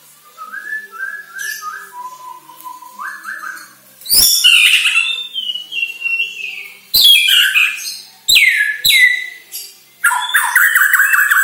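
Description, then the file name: White-rumped shama song: clear whistled phrases at mid pitch, then loud bursts of rich, varied warbles, sharp clicks and high notes in quick succession. Bornean type; lure recording meant to make shamas sing actively ('gacor'). "Sara Pancingan Murai Batu Borneo Agar Gacor Dor"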